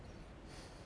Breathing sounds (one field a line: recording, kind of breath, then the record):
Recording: one breath in and out by a microphone near the nose and mouth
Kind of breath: strong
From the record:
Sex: male